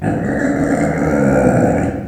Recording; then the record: squeal of a Yucatan mini pig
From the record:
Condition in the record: after surgery on the right vocal fold (resection and tissue-engineered implant); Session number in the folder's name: 2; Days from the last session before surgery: 18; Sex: female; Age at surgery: 19 weeks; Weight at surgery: 25 kg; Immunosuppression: prednisolone